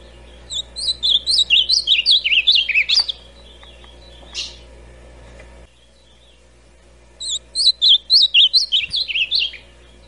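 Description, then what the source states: Ultramarine grosbeak singing two rich warbled phrases of rapid, undulating whistled notes, separated by a few seconds of quiet. Classic song style (canto clássico).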